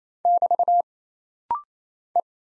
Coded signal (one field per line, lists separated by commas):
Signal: Morse code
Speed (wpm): 27 wpm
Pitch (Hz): 700 Hz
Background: none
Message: <BT> E